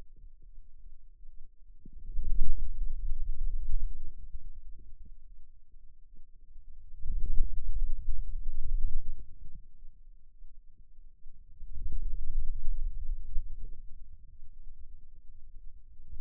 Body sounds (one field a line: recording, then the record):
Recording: forearm muscle sounds (acoustic myography)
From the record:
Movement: finger pinch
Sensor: system 2, bracelet of six BSWA MPA416 microphones around the upper forearm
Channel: 1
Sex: male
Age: 22 years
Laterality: right